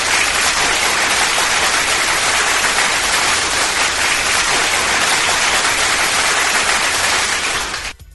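Loud, sustained applause from a crowd, a dense wash of clapping that holds steady for about eight seconds before cutting off abruptly. No voices are heard over it.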